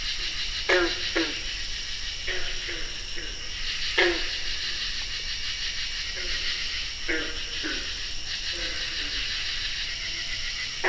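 Green frogs give scattered low plucked notes, single or doubled, every few seconds beneath a constant high insect chorus.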